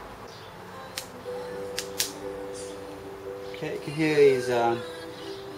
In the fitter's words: pieces snap in place and of course we're going to need to reinforce the placements